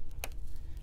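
A DDR3 memory module is pushed down into a motherboard DIMM slot in a Dell Precision R5500 workstation, and the plastic retention tab clicks sharply at 0.2 s, with only faint small ticks around it. Only one side has latched, so the module is partly seated and the other side's click has not yet happened.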